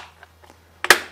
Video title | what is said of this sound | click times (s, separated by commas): Mustang Mods - 6 Cheap & Easy ways to individualize your Mustang GT - [Ep.1] | literally clicks into place that easy | 0.8 s, 0.9 s